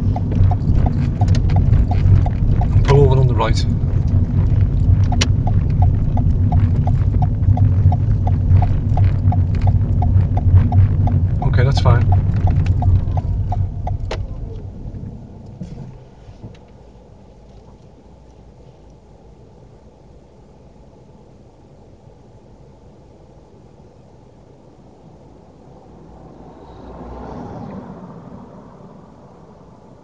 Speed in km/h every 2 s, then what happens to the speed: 24, 23, 19, 15, 16, 13, 2, 0, 0, 0, 0, 0, 0, 0, 0.
3-6 slows to 15. 9-12 brakes to 2. 12-30 standing.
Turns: none.